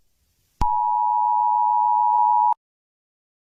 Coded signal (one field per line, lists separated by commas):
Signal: Emergency Alert System (SAME) tones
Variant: 853 and 960 Hz attention tone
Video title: Rating kuwaits EAs alarms